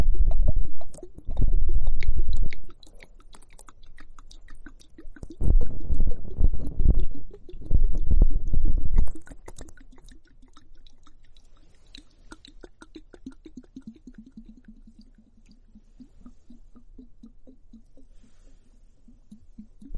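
Foamy bubbling and crackling fills the ears, starting with several loud, dense bursts of low rumbling fizz up to about nine seconds. After that it settles into a quieter, steady stream of tiny pops and soft clicks, with a faint low murmur underneath.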